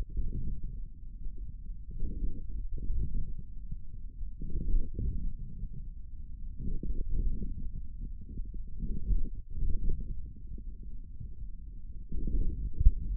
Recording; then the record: forearm muscle sounds (acoustic myography)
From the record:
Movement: wrist flexion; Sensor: system 1, eight BSWA MPA416 microphones around the upper forearm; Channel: 5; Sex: male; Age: 41 years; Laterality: right